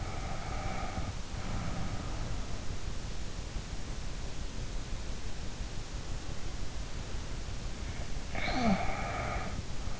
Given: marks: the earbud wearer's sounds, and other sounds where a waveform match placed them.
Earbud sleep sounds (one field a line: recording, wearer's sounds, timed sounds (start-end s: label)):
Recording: sounds in sleep by an in-ear microphone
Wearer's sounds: breath, snoring breath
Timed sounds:
0.00-2.56 s: breath
8.34-9.65 s: snoring breath